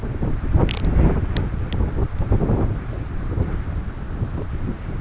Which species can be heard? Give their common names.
none